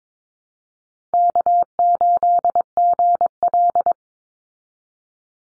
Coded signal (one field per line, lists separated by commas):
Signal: Morse code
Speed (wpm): 22 wpm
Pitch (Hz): 700 Hz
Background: none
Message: K8GL